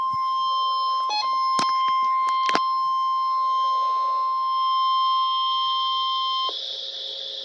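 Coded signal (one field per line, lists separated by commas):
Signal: Emergency Alert System (SAME) tones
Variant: 1050 Hz attention tone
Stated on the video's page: Real tornado watch alerts received from two NOAA weather radio transmitters.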